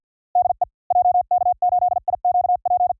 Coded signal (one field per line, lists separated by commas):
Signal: Morse code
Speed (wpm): 50 wpm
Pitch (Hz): 740 Hz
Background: none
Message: DE JK8IQP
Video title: Morse CW Training JP Random Callsign Speed from 45 to 55 WPM 400 Calls